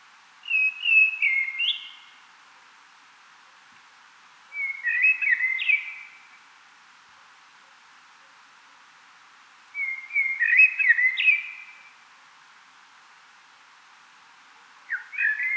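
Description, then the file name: Common blackbird song: mellow whistled phrases with squeaky twittering ends, separated by quiet pauses. "Turdus merula"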